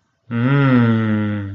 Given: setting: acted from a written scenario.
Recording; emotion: vocal sound without words; desire